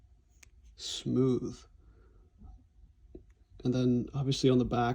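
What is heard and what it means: The steel case of a Jaeger-LeCoultre Reverso Large Small Seconds watch (ref. Q3858522) is flipped over, and the reversible case swivels smoothly into its cradle frame with a sharp click into place at 0.4 s. Someone talks throughout.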